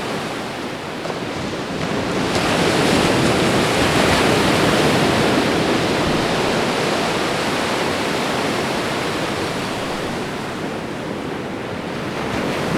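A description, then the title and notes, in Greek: Gentle ocean waves wash in a dense, steady hiss, swelling slightly louder around two seconds and easing gradually toward the end. Απαλά κύματα στον ωκεανό.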